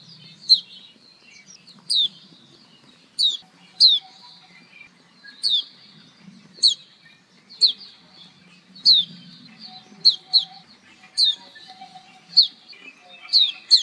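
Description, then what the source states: White-eye uttering a steady series of high, sharp descending chirps, roughly one per second, some in close pairs. Female.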